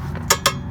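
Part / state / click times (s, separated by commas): torque wrench on rear caliper bracket bolt / torque reached / 0.3 s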